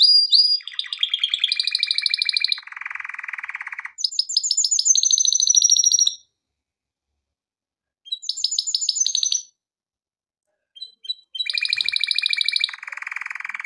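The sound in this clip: Canary song in rapid trilled tours at varied pitches, buzzy low rolls alternating with bright high trills, broken by short silent pauses.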